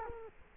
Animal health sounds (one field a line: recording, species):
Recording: mosquito wingbeat signal from an infrared sensor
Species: Culex quinquefasciatus